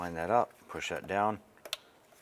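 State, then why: Seated. A wiring harness connector is lined up on an ignition coil of a 2001-2005 Honda Civic and pushed down while someone talks. A few small ticks follow, then a sharp click at 1.7 seconds as the connector locks into place, with another faint tick near 2.2 seconds.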